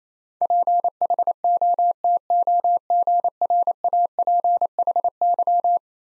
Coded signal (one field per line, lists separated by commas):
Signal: Morse code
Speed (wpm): 28 wpm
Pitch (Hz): 700 Hz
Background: none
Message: PHOTOGRAPHY